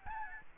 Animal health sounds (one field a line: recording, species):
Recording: mosquito wingbeat signal from an infrared sensor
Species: Aedes albopictus